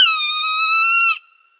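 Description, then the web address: Swainson's hawk giving a single drawn-out, harmonic-rich scream, slightly dipping then holding steady for just over a second before cutting off, with silence after. Recorded in Arizona on 1 December 2008. "Birds of Prey AZFO SWHA 081201. deviche"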